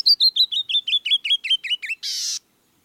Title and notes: The Song of the Canyon Wren. BirdNote